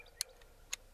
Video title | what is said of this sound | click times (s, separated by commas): M1 Garand Review | there's the click now I'm going to let it go and it loads | 0.2 s